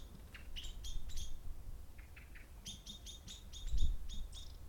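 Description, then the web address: Birds give bright, high chirps in short clusters, with a few lower notes in between, while low traffic noise hums underneath. Songs with cars passing by. "pdsounds sounds birds songs and cars passing by"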